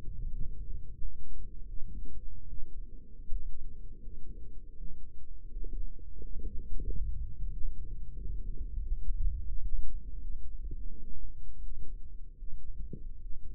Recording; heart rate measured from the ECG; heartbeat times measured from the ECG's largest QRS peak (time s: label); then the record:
heart sounds by microphone in the right ear; 84 bpm
0.29 s: heartbeat
0.98 s: heartbeat
1.65 s: heartbeat
2.46 s: heartbeat
3.28 s: heartbeat
3.99 s: heartbeat
4.74 s: heartbeat
5.48 s: heartbeat
6.17 s: heartbeat
6.83 s: heartbeat
7.50 s: heartbeat
8.15 s: heartbeat
8.78 s: heartbeat
9.44 s: heartbeat
10.18 s: heartbeat
10.84 s: heartbeat
11.60 s: heartbeat
12.35 s: heartbeat
13.18 s: heartbeat
From the record:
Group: healthy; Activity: rest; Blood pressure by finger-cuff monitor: 93/57 mmHg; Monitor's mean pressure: 71 mmHg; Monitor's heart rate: 89 bpm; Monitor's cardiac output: 5.8 L/min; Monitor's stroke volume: 63 mL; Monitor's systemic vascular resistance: 850 dyn s/cm5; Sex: male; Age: 22 years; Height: 181 cm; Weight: 60 kg